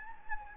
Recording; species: mosquito wingbeat signal from an infrared sensor; Anopheles gambiae